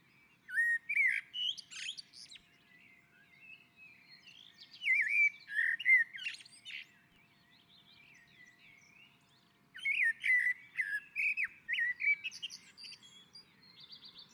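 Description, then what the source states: Common blackbird delivering three phrases of melodious fluting mixed with sharp high twittering, separated by pauses. On a roof.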